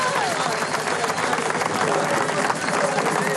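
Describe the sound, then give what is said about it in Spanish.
Loud, steady applause from a large crowd, a dense wash of clapping that holds without a break, with voices and cheers mixed into the roar throughout, celebrating Luis Paiva's silver medal for Venezuela at the Rio 2016 Paralympic Games. “Aplausos de toda Venezuela, ahí está la carrera.”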